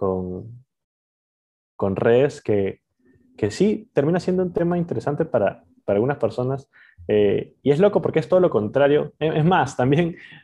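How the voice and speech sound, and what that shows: A man speaks Spanish with whole-word repetitions, a long pause and a drawn-out filler sound, typical of stuttering.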